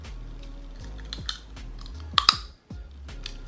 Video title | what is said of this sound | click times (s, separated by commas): straightening my teeth with WONDERSMILE! - invisible aligner journey | There you go, they snap right in. | 2.2 s, 2.3 s